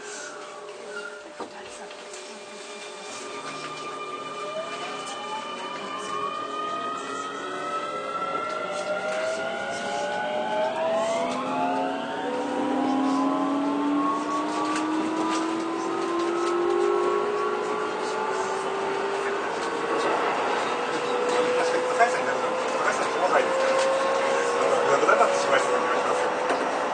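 A Keio 9000 series train accelerates, its motor whine climbing in several gliding tones over a steady rumble that grows louder.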